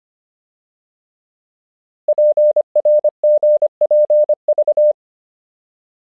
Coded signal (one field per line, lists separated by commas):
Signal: Morse code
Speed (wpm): 25 wpm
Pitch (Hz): 600 Hz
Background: none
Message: PRGPV